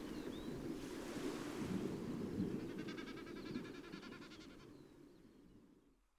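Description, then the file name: Snipe drumming, one fluttering bleat of about two seconds amid strong wind or surf-like rushing noise that fades out at the end. "becassines"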